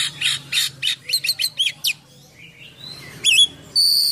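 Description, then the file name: Oriental magpie-robin song: series of harsh chirps and sharp notes, a soft rising whistle, then a sustained high thin note. Full song with many imitated phrases (gacor, full isian), described as luxurious. "KACER GACOR FULL ISIAN MEWAH"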